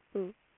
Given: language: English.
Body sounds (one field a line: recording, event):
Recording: throat vibration sensor signal played as sound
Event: speech